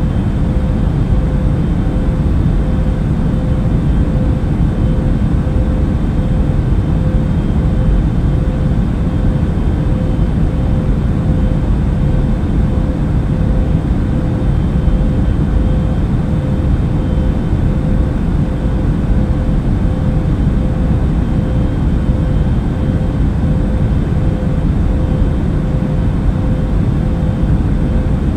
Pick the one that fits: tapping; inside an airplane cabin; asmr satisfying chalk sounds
inside an airplane cabin